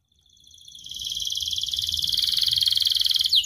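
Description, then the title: Atlantic canary song: one long, even, buzzy trill high in pitch, swelling steadily louder over three seconds before ending with a brief sharp note. Prolific, vigorously singing ('gacor') canary; praised for its best 'cengkok' phrasing and most luxurious 'isian' song fill, within Indonesian songbird-keeping hobby. "Kenari Gacor Cengkok Terbaik Isian Paling Mewah Kenarigacor Kicaumania Kenari"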